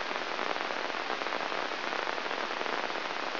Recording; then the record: brain microelectrode recording played as sound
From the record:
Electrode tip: inside the subthalamic nucleus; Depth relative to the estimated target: 1 mm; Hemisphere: left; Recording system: AlphaMap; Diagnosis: Parkinson's disease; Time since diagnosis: 12 years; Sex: female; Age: 56 years